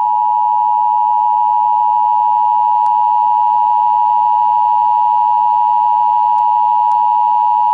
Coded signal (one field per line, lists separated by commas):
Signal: Emergency Alert System (SAME) tones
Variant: 853 and 960 Hz attention tone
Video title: Child Abduction EAS